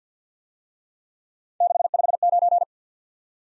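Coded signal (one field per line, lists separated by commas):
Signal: Morse code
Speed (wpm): 53 wpm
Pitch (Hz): 700 Hz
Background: none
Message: 659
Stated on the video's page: Speed-racing drill of three-character letter-number combinations, starting fast and slowing to a base speed; the fastest speed is 1.5 times the slowest, final repeat sent at maximum.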